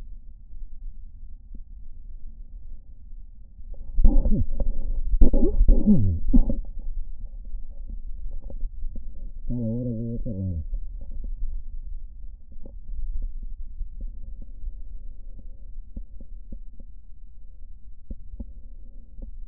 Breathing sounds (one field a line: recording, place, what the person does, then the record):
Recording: lung sounds by stethoscope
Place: right posterior basal chest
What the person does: quiet breathing, then cough and speech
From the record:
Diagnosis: interstitial lung disease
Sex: male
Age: 61 years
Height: 172 cm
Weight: 71 kg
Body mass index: 24.0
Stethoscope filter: diaphragm mode